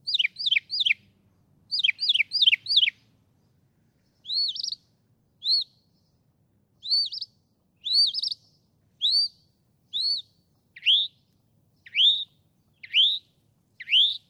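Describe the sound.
Northern mockingbird singing two quick runs of three and four notes, then a run of rising whistled notes repeated about once a second in a quiet background.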